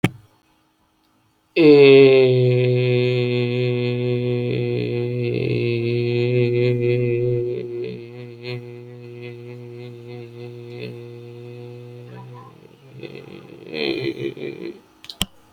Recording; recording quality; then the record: sustained vowel as in made; excellent, no background noise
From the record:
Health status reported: healthy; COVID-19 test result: not tested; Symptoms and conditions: none ticked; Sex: male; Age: 39 years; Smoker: not ticked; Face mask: not worn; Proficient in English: yes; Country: India